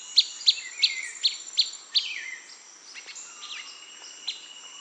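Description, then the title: Blackish pewee uttering six quick, sharp high chips in the first two seconds, then fainter scattered notes among other bird calls and a persistent insect hum. Subspecies canescens, assumed from the recording location. "LuckyPassaro Completos2Sama. Blackish Pewee (Contopus nigrescens canescens (ssp assumed from location))"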